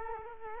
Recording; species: mosquito wingbeat signal from an infrared sensor; Culex quinquefasciatus